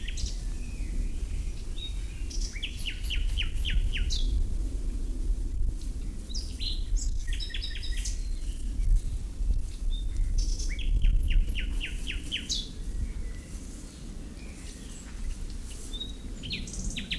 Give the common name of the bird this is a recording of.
Common Nightingale